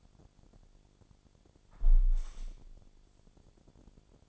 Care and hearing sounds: daily activity, microphone in the room; close window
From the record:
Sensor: 5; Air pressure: 1000.6 hPa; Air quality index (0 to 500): 154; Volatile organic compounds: 2 ppm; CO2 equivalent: 1179 ppm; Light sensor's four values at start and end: 39/92/38/41 and 39/92/38/41

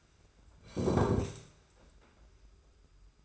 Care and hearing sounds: daily activity, microphone in the room; sit down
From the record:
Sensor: 2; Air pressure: 991.6 hPa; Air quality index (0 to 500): 179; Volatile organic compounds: 1000 ppm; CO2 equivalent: 5794 ppm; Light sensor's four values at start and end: 25/80/31/30 and 27/85/33/31

